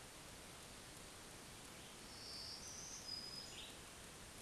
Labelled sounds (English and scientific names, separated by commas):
Black-throated Green Warbler (Setophaga virens) song